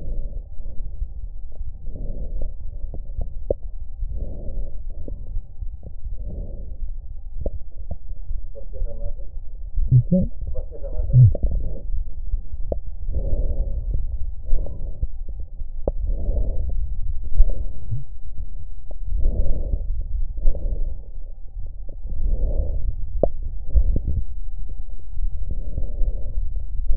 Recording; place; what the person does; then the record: lung sounds by stethoscope; left posterior basal chest; quiet breathing, then deep breathing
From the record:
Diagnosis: COPD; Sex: female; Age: 80 years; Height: 160 cm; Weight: 62 kg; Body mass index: 24.2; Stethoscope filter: extended mode